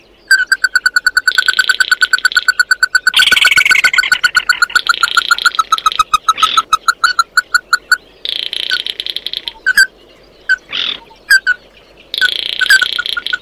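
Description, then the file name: Bird calls: a rapid train of clear piping notes opens, followed by harsh buzzy phrases and a few isolated notes with gaps. "Tieng chim mat do"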